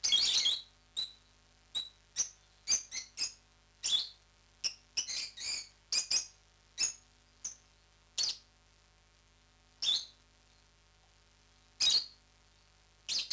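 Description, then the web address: Lovebird chatter: rapid high squeaks and chirps, some in quick clusters, others spaced singly, continuing throughout. "popugai-nerazluchniki -penie-nerazluchnikov. parrots agapornis"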